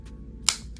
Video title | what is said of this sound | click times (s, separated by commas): Synology DS220+ NAS Hard Drive Installation | click done that's all you got to do and so one of the drives is now installed | 0.5 s